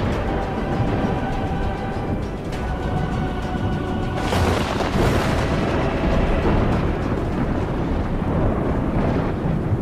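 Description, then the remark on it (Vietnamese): A loud, sustained rumble of thunder with a sharp crackling strike bursting in around the midpoint, followed by a broad roaring wash that slowly settles, with no voices. “Mà đường nối đó là những tia sét chói lòa kinh hãi.”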